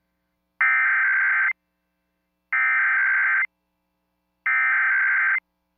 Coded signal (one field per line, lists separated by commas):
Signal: Emergency Alert System (SAME) tones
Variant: header bursts